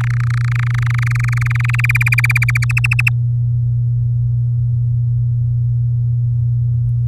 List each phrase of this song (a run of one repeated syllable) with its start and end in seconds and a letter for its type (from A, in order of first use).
0.01-1.81 A, 1.84-2.65 B, 2.69-3.09 C